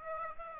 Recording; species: mosquito wingbeat signal from an infrared sensor; Aedes aegypti